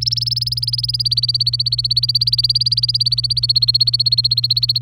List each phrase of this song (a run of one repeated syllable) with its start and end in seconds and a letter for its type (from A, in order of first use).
0.01-4.82 A